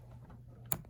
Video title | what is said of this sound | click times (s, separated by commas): Costco Standing Desk Assembly | once you hear the click zone that means it's good | 0.7 s